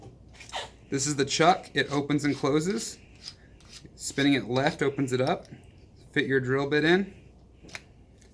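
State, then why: Seated. A drill bit is fitted into a keyless drill chuck while someone talks, with small handling sounds between the words. A sharp click at 7.8 seconds marks the chuck tightening, and the bit is locked in.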